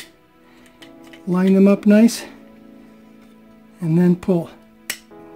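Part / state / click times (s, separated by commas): plastic soft-close part into drawer runner / seated / 4.9 s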